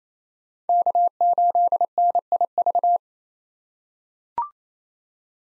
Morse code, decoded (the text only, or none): K8NIV